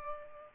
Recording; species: mosquito wingbeat signal from an infrared sensor; Culex pipiens